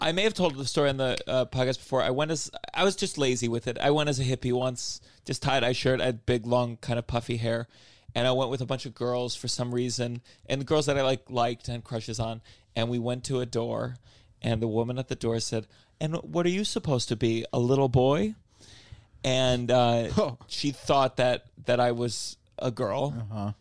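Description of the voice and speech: A man tells a story in a relaxed, conversational way. His voice is fairly low-pitched and clear, with natural pauses between phrases and no repetitions, blocks or hoarseness. This is ordinary fluent speech, heard in a small, quiet room.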